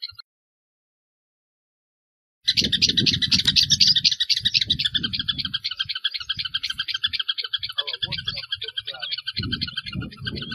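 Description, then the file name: Anarilho-do-campo song: after about two and a half seconds of near silence, a long, rapid, jingling twitter of high trills runs without pause to the end, over low thumping noises. "Canto do anarilho do campo"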